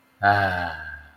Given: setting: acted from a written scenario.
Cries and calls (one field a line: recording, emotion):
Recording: vocal sound without words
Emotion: ecstasy